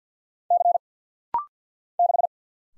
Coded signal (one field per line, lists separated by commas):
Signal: Morse code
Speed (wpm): 48 wpm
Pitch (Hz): 700 Hz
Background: none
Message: C 6